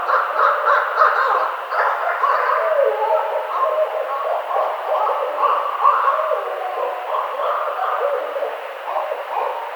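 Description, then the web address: Barred owl giving a loud, raucous run of overlapping hoots and cackling calls that rise and fall continuously for the whole stretch. Recorded 18 April 2009. "Barred Owl 2009 04 18 Barred Owl 01"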